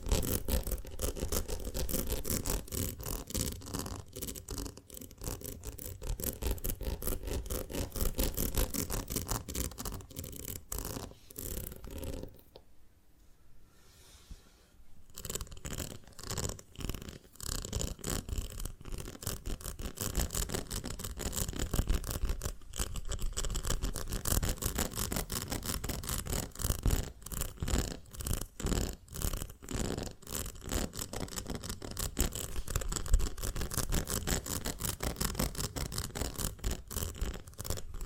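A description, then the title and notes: ASMR of a honeycomb on a branch: dense, crackling scratches and crunches run almost without pause, bright and gritty like scrubbing bristles. Around 12 to 15 seconds the sound drops to near silence, then the busy, steady crackling resumes through the end. ASMR of a Honeycomb on Branch (No Talking).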